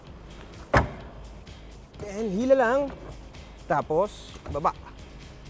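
The rear seat cushion of a 2021 Honda City Hatchback RS is folded up into "Tall" mode, and its latch engages in the car's seat frame with a sharp click at 0.4 s. Someone then talks. The cushion is seated and latched in place.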